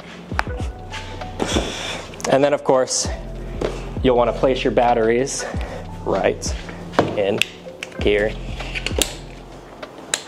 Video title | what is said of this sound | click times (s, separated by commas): Discovering the Flycart 30 Unboxing and Initial Impressions | You wanna hear that double click, that's how you know it's in and locked. | 9.0 s, 10.1 s